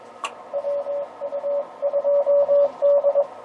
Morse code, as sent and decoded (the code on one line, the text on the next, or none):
.-- ..- ..--- -..
WU2D